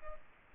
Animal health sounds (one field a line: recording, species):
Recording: mosquito wingbeat signal from an infrared sensor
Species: Aedes aegypti